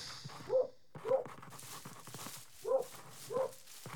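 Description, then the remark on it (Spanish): A dog sniffs in quick, breathy snuffles, broken by four short, high whines that come in pairs with a pause between them. “En la mañana del 15º día, escuché sonidos familiares.”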